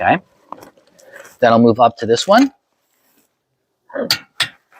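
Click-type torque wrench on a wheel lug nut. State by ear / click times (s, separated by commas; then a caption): torque reached / 4.1 s, 4.4 s. Someone talks, then the next wheel lug nut in the star pattern is tightened with a click-type torque wrench set to 105 lb-ft. Two sharp clicks at 4.1 s and 4.4 s mark it reaching torque.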